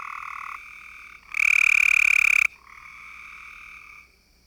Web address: frog-calls Copesgraytreefrog